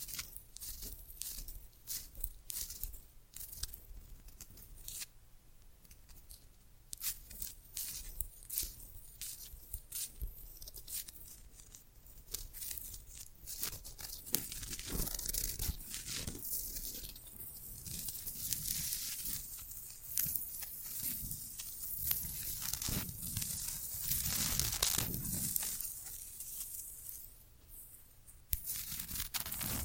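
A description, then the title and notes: Tiny bottles and corks are handled against vinyl, giving a dense run of small clicks, taps and scratchy rubs. Brushing sweeps swell into louder, hissy passages around the middle and near 25 seconds, then drop back to sparse ticks before a final sharp tap. ASMR Tiny Mics - Mighty Tingles Mic Testing（No Talking）. Cork, tiny bottles, vinyl, brushing.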